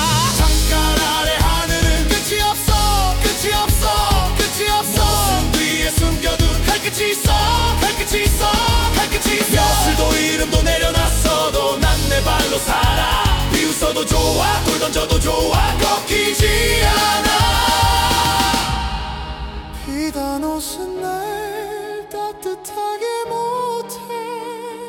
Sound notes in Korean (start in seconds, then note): 16.4 Bridge — 조용→폭발 빌드; 17.6 Lead, 거의 속삭임